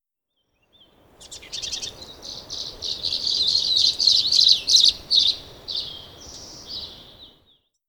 Violet-green Swallow call recorded at the Alluvial Fan in Rocky Mountain National Park.